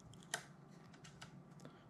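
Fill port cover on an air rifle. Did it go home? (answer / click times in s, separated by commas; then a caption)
released / 0.3 s. The fill port cover on an EDgun Lelya 2.0 air rifle is opened, giving a sharp, bright positive click at 0.3 s. Several fainter ticks follow over the next second and a half. The cover clicks open.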